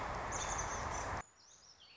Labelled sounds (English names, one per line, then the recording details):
American Robin
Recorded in Sonoma County, California